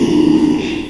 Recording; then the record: squeal of a Yucatan mini pig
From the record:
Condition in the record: after surgery on the right vocal fold (resection and tissue-engineered implant); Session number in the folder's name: 1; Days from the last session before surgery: 6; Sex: male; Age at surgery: 12 weeks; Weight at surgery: 13 kg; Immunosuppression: cyclosporine, prednisolone